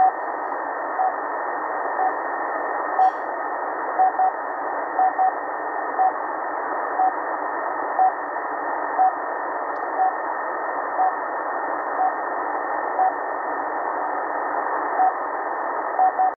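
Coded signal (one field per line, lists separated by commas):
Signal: radio time signal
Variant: RWM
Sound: short beeps once a second, some as quick double beeps, through steady hiss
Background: radio static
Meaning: Each short pulse marks one second; a longer tone marks the minute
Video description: Empfang des starken, russischen Zeitzeichensenders RWM auf 4997 Khz. Gesendet werden Sekunden Impulse und nach jeder Minute ein längerer Ton.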